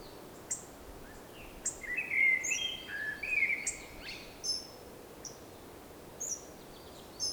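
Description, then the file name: Hawfinch giving clipped high ticks and a few slurred notes in an uneven cluster, with background noise throughout. "Coccothraustes coccothraustes hawfinch song and call"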